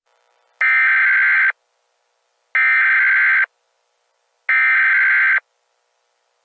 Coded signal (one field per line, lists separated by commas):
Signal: Emergency Alert System (SAME) tones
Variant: header bursts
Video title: Push The Button: An EAS Scenario